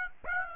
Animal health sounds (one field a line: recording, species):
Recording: mosquito wingbeat signal from an infrared sensor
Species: Aedes aegypti